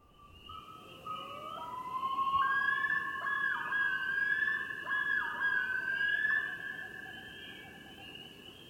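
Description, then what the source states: Common Loon yodel: rising opening notes lead into several repeated, wavering phrases. Yodel, given only by males; a harsh shriek meaning stay away from the territory; agitated male possibly about to fight over territory.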